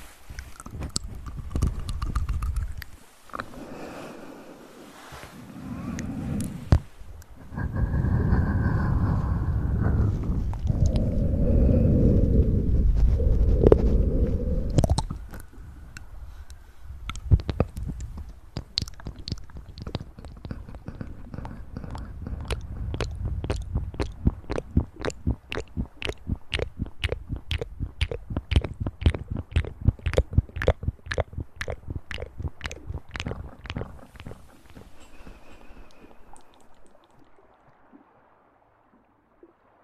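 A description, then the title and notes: Mouth sounds, opening with about fifteen seconds of low, rough blowing and rumbling in uneven bursts. After that, quick, regular clicks and smacks take over, crowding together between roughly 25 and 35 seconds, then thinning out and fading near the end. Mouth sounds.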